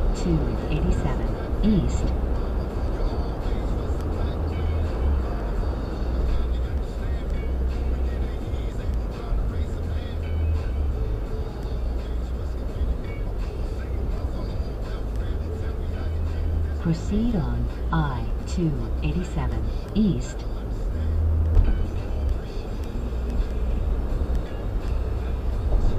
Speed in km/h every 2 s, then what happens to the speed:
103, 100, 95, 93, 95, 93, 93, 90, 84, 85, 85, 85, 89.
0-6 slows to 93. 6-13 steady at about 93. 13-16 slows to 84. 16-26 steady at about 85.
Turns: none.